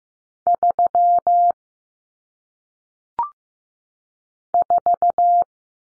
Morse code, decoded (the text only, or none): 3 4